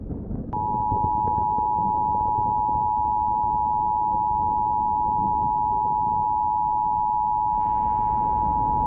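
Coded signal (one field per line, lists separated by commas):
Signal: Emergency Alert System (SAME) tones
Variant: 853 and 960 Hz attention tone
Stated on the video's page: Re-creation of an unusual high wind warning alert, not a real broadcast.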